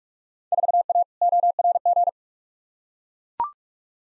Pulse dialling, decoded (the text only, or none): none